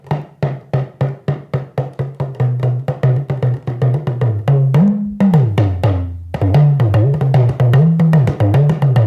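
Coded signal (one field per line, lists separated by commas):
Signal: talking drum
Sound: fast steady drum strokes with a low pitch that rises and falls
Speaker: and then this hand must be a little bit loose so that you can play like.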